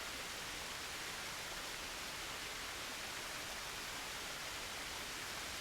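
A waterfall pours in a continuous, even rush of hissing water, soft and unbroken, with no voices or other sounds over it.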